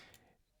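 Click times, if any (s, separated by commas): 0.1 s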